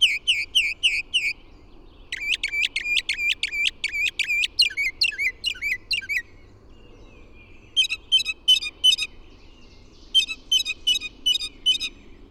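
Bird song with lively, varied phrases: a fast rolling trill of repeated notes, then shorter bursts of crisp high chips coming in quick groups.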